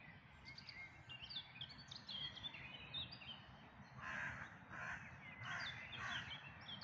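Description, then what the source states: Birds at dawn: high twittering chirps at first, then four harsh, loud caws in quick succession over a low background rumble. Dawn chorus, May 2026.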